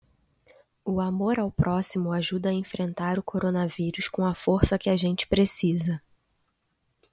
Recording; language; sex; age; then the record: spoken sentence; Brazilian Portuguese; female; 20 to 29 years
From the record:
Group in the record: control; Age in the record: 25 years